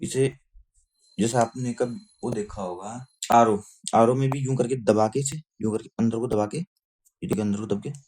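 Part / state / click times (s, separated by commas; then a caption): dust extraction pipe into push-fit coupling on wall chaser / not seated / none. A dust extraction pipe is being fitted into the push-fit coupling on a wall chaser's dust outlet, with the coupling's collar pressed inward while someone talks throughout. Faint handling noises come between the speech, but the pipe has not yet gone home and nothing has seated or clicked yet.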